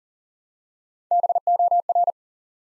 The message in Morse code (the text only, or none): BOR